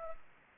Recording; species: mosquito wingbeat signal from an infrared sensor; Anopheles arabiensis